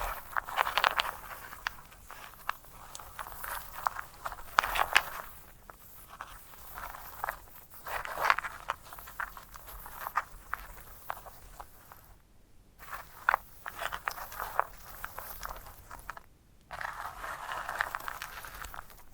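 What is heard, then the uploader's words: Dry crackling and crunching from handling a sunflower head, coming in dense bursts of scratchy, papery rustle. Louder crunches recur every few seconds, concentrated in the upper-middle range, with two brief near-silent gaps around 12 and 16 seconds. ASMR of a Sunflower Head (No Talking).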